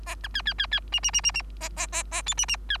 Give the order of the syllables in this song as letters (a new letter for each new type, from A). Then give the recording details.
A B C C C C D D D D D A A A A E D D C. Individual Bird3